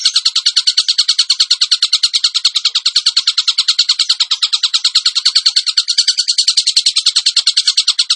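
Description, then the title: Tembakan bird song: a steady, rapid pulsed trill, high and buzzy, running without pause through the whole stretch. Tutor song (masteran) of a bird in full, vigorous song (gacor). "Masteran Burung Tembakan Gacor"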